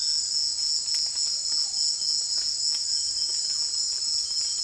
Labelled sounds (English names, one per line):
none